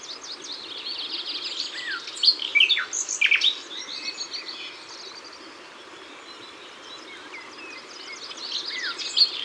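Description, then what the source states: Common nightingale song of sharp, varied notes and brief slurred whistles in a lively middle burst, quieter warbling after, over constant background hiss. Ardèche.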